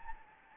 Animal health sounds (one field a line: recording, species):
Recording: mosquito wingbeat signal from an infrared sensor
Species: Anopheles gambiae